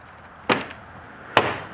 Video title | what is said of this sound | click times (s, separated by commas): How To: Pacifica Rear Turn Signal Bulb Replacement | you'll hear them both click in just like that make sure it's fairly firm | 0.5 s, 1.4 s